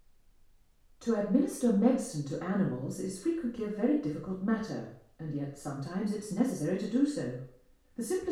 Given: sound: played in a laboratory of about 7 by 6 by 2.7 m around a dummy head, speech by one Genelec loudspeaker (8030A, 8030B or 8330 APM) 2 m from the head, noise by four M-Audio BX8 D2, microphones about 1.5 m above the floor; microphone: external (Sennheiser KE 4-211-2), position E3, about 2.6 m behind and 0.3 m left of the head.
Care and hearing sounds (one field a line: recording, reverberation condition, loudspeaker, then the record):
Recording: female speech in English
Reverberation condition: medium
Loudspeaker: 150 degrees to the right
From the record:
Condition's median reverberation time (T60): about 510 ms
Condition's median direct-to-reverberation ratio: about -0.5 dB